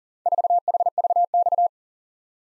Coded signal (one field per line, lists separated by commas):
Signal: Morse code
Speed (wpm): 41 wpm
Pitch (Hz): 700 Hz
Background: none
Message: 4HVX